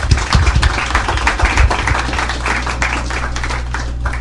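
Audience applause fills the whole stretch, a dense, steady patter of many hands clapping at an even loudness, with a low steady hum running underneath and no one speaking.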